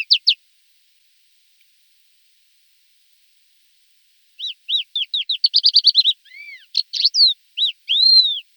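Thekla's lark song: a few clear downslurred whistles, a long pause, then a quickening series of pure whistled notes ending in varied, arching whistles.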